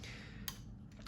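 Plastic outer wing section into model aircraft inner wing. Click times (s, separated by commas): 0.5 s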